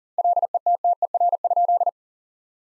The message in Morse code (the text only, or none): LETTER?